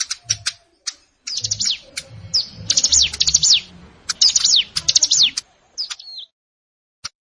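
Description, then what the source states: Plain prinia singing fast bursts of high, descending slurred notes, separated by brief pauses, finishing with a short whistle and a single final chip. Recorded in a rice field (sawah).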